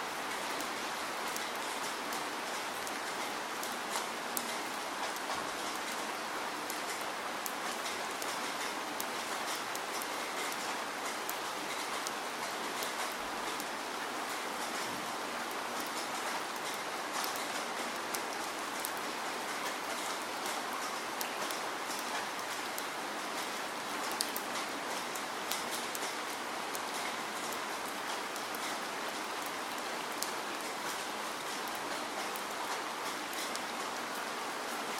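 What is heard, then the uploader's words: Steady rain falls in the mountains, a dense, even hiss that holds without pause for the whole stretch. Countless fine drop taps crackle through the bright upper range, with occasional louder ticks on a surface and little low rumble underneath. Rain In The Mountains.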